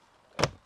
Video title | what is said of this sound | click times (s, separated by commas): Roller Team T Line 740 Handover Video | and then return the cassette until you hear the click of the blue safety catch engaging. | 0.4 s